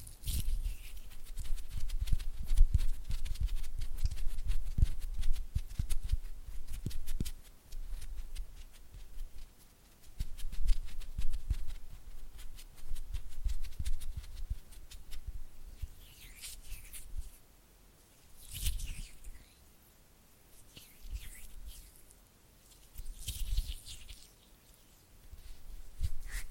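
Oily hands and fluttering fingers make dense, wet, slapping sounds, a rapid flurry of small taps and squelches that runs almost continuously. The first seven seconds are busiest and heaviest, then the activity comes in shorter bursts separated by brief pauses, with brighter, slicker swishes after fifteen seconds.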